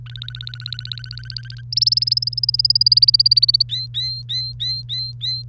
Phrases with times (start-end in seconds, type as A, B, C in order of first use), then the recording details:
0.06-1.61 A, 1.72-3.62 B, 3.69-5.42 C. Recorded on 1 May 2018 at 06:07. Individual llb3